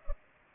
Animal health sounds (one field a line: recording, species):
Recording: mosquito wingbeat signal from an infrared sensor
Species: Culex pipiens